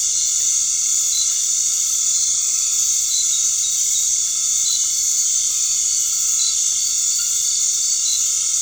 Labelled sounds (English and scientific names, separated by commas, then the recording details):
none
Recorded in dense forest near Puerto Asís, Putumayo, Colombia, on 12 March 2025 at 19:00
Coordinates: 0.485, -76.318
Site G056